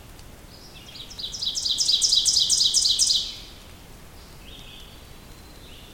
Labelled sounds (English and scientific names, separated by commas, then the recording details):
Ovenbird (Seiurus aurocapilla) song
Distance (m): 15 m
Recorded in boreal forest in Alberta, Canada, on 2 June 2016 at 07:01
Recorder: SongMeter 3, array SBT-3-7
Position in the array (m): 44 m, 159 m
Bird 4